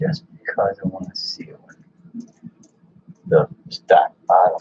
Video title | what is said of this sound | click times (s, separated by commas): SSD/RC4WD Class 1 Blazer build. Axles cont. | might have heard it click, click, click. I wasn't quite straight on the cap head and | 2.6 s